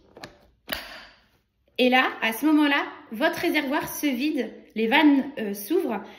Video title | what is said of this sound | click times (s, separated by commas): VIT POWER : fonctions, conseils et entretien | moment où vous clipsez votre caissette on entend un clic et | 0.7 s